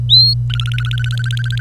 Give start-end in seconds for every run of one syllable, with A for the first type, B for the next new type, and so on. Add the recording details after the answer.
0.09-0.34 A, 0.50-1.60 B. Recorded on 25 April 2018 at 07:32. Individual llb3